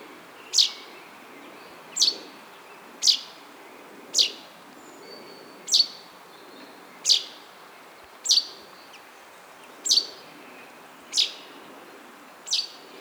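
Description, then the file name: Common chaffinch giving short, sharp, high call notes, repeated roughly every one to one and a half seconds against a soft background hiss. "Fringilla coelebs"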